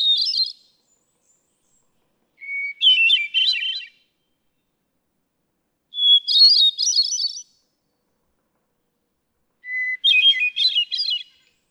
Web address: birdsongforthecurious songs Hermit Thrush